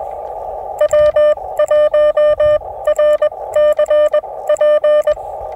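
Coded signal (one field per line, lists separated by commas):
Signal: Morse code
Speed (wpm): 21 wpm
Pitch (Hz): 600 Hz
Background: music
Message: W1RCP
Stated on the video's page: CW contacts while chasing POTA park activations, using a cast iron skillet hung from a tree as the antenna.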